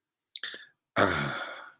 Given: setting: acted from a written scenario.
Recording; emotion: vocal sound without words; contentment